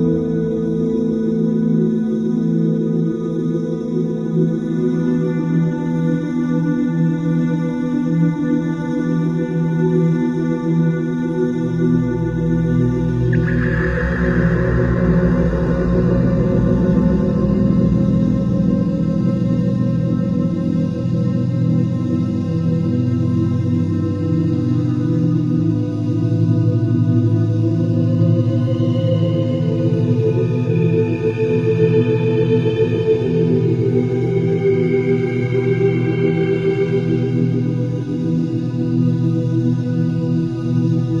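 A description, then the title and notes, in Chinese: Weightless-sounding singing bowl tones ring in long, overlapping sustained layers, mostly low and warm with fainter bright overtones shimmering above. Around thirteen seconds a deeper hum enters and a brighter swell blooms, and near thirty seconds higher tones waver gently while the overall loudness stays steady. 脑波音乐│失重钵音。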